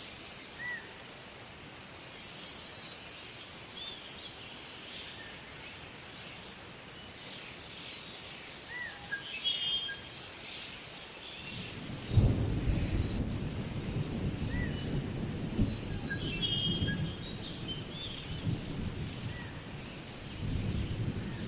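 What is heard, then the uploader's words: A tropical rainforest with thunder: from about twelve seconds a low rumble rolls in and swells in waves until the end. Bright insect or bird calls sound in short bursts near the start and again around sixteen seconds, over a steady soft hiss. Jungle Sounds. Tropical Rainforest With Distant Thunder.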